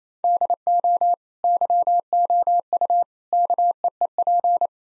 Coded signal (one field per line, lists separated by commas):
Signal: Morse code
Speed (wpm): 27 wpm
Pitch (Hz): 700 Hz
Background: none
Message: DO YOU KEEP